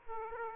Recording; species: mosquito wingbeat signal from an infrared sensor; Aedes aegypti